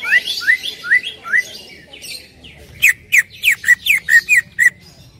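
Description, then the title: Greater green leafbird calling with evenly spaced, upslurred whistles, then a louder, quicker run of sharp chirps. Female calling to a male; described as calling very actively and persistently (gacor hiper). "CUCAK IJO BETINA GACOR HIPER MEMANGGIL JANTAN"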